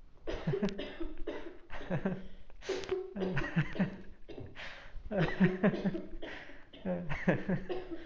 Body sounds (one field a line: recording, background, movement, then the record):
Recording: laughter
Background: a bystander coughing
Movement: sitting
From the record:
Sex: male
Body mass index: 20.5 kg/m2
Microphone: on the chest, facing outward